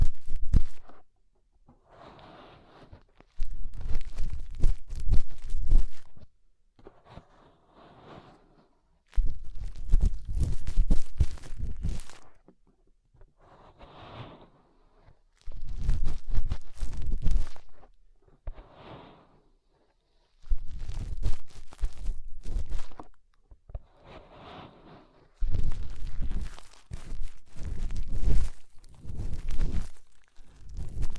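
Fingers rubbing inside an ear make muffled, crackling scratches with a heavy low rumble. The rubbing comes in bursts of two to three seconds, separated by short silent gaps, repeating about every five seconds. Faint rustles fill some of the pauses.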